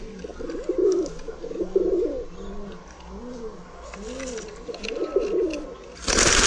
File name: golabmiejski